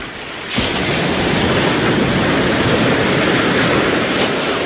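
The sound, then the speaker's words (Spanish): Ocean surf on a beach at Mar del Plata: a loud, steady hiss and roar of waves that swells in suddenly after a brief quieter moment and holds without pause. No voices. “Y seguimos aquí en la playa, en Mar del Plata.”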